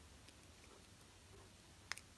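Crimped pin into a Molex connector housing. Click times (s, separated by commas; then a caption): 1.9 s. A crimped metal pin is slid into the plastic Molex connector housing of a Ural OBD2 cable, its notch lined up with the notch in the hole, during a pin swap for retro models. Faint ticks sound at about 0.3 s and 1.0 s over a low steady background, then a sharp, bright click at 1.9 s, followed by a smaller tick just after. The pin seats in the housing at 1.9 s.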